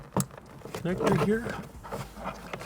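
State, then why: Seated. Someone talks while a plastic Deutsch-style wiring connector plug is pushed into its mating connector on the rock light harness. Two sharp clicks sound at 2.5 s and 2.6 s as it latches, and the connector is seated.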